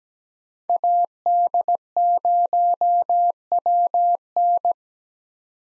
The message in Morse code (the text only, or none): AD0WN